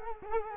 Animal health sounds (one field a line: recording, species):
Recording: mosquito wingbeat signal from an infrared sensor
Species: Culex quinquefasciatus